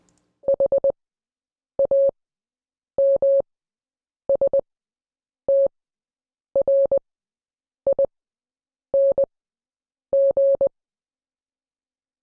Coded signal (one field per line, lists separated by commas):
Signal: Morse code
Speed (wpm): 20 wpm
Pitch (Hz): 550 Hz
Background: none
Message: HAMSTRING